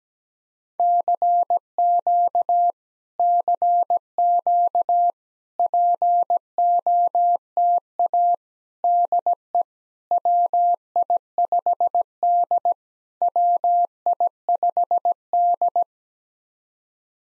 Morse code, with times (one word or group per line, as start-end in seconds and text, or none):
0.8-2.7 CQ
3.2-5.1 CQ
5.6-8.3 POTA
8.8-9.6 DE
10.1-12.7 WI5D
13.2-15.8 WI5D